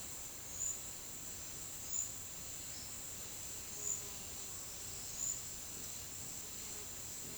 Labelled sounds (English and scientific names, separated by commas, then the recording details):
none
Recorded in dense forest near Puerto Asís, Putumayo, Colombia, on 20 February 2024 at 09:00
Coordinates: 0.505, -76.324
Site G6467